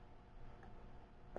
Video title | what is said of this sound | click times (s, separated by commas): Things to consider when tightening a vise | gonna tighten it to ten foot bones you guys listen for the click right | 1.4 s